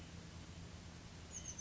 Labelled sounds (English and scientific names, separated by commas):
Oak Titmouse (Baeolophus inornatus)